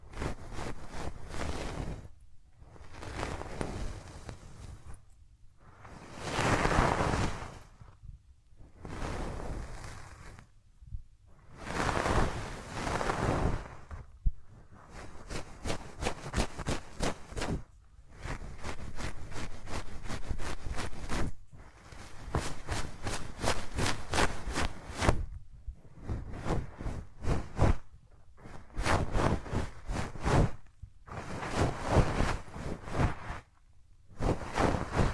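Hands rub over ears in repeated bursts of soft, rough friction, each lasting one to three seconds and separated by brief silences. Early strokes are smoother swishes; from about fifteen seconds on the rubbing turns more crackly and textured, with quick scratchy flutters.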